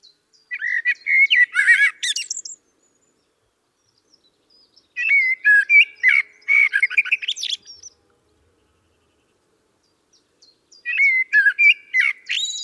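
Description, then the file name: Common blackbird singing three phrases spaced several seconds apart, each a rich warble of low whistles ending in high, thin chattering notes. "Turdus merula"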